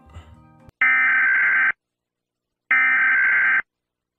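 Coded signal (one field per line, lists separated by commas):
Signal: Emergency Alert System (SAME) tones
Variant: header bursts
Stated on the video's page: Fictional EAS scenario videos using valid EAS tones.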